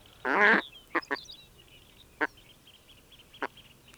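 Steller's eider calls: one loud, rasping nasal note, then a few short clipped yelps spaced over several seconds, with faint high chatter in the background.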